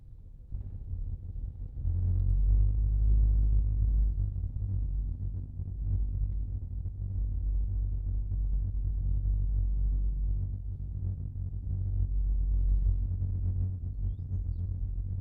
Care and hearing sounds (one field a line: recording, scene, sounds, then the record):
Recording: everyday scene through a hearing-aid microphone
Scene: in a vehicle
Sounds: engine, rumble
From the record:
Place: Skoda Fabia, gasoline engine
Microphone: in the ear canal, left